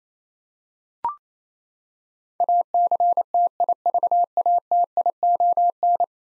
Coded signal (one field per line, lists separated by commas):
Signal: Morse code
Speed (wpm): 28 wpm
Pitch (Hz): 700 Hz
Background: none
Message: ACTIVATION